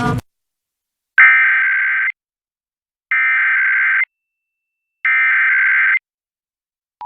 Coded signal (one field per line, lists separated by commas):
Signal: Emergency Alert System (SAME) tones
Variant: header bursts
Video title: The New WDSE-FM (PBS) Duluth, Minnesota Tests the Emergency Alert System (KUMD-FM)